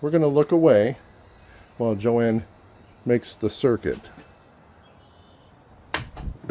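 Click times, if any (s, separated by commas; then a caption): 5.9 s. Someone talks while the hidden mechanism of a small wooden puzzle box, used as a geocache container, is worked. At 6.0 s a sharp click is heard as the hidden latch inside releases and the box opens, followed by a few fainter sounds.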